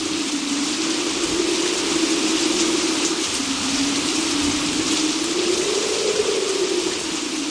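rain

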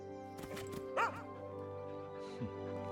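dog barking and whimpering

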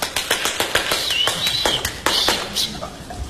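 audience clapping hands

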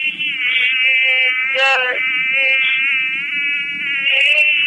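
mosquitoes buzzing

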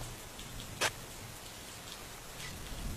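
heavy rain falling

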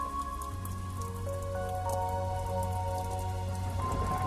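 rain falling

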